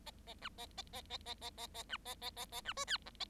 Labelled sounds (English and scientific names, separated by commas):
Bengalese Finch (Lonchura striata domestica) song